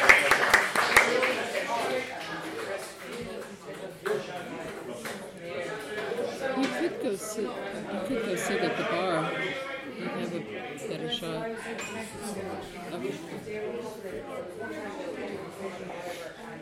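A sing-along at Tigh Ruairi on Inis Oirr, dense overlapping voices and chatter running steadily throughout, loudest in the first two seconds.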